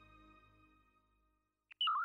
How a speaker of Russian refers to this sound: Звук входящего сообщения на почту.